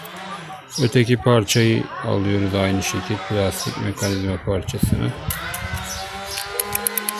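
Someone talks while the second plastic rocker mechanism piece is pressed into a Renault 9/11 car window switch housing in the same way as the first. A short series of sharp clicks follows from about 6.6 to 7.1 s, and the piece snaps into place and is seated at 6.9 s.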